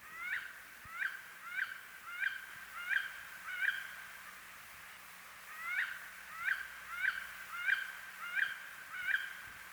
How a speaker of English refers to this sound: And a female wood duck cries as it hurtles through the trees.